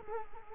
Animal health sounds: mosquito wingbeat signal from an infrared sensor; Culex quinquefasciatus

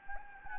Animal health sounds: mosquito wingbeat signal from an infrared sensor; Anopheles gambiae

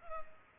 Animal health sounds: mosquito wingbeat signal from an infrared sensor; Culex pipiens

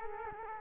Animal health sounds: mosquito wingbeat signal from an infrared sensor; Culex quinquefasciatus

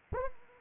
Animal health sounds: mosquito wingbeat signal from an infrared sensor; Anopheles arabiensis

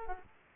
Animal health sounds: mosquito wingbeat signal from an infrared sensor; Aedes aegypti

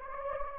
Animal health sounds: mosquito wingbeat signal from an infrared sensor; Anopheles gambiae

